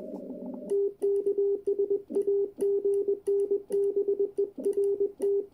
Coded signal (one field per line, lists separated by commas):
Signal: Morse code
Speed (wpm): 21 wpm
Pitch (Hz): 400 Hz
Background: radio noise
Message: TKS AGN BERT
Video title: Hacksaw Morse key QSO with Bert 9A2UN in Solin, Croatia